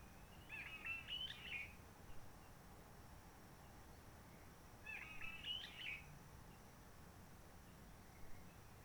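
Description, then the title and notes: Réunion bulbul song: two warbled phrases about four seconds apart, with soft hiss in the background. Roche Merveilleuse, Réunion; forest quiet since lockdown of 19 March 2020, no visitors, microlights or helicopters; sunny blue sky; birds not very active; song simpler, short phrases adapted to past aircraft noise. "Roche Merveilleuse, Réunion - Merle de lîle de la Réunion. depuis le 19 mars 2020 c'est calme même quand il fait beau"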